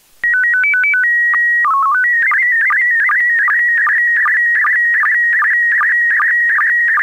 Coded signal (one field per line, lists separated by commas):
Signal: SSTV (slow-scan television)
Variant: PD 50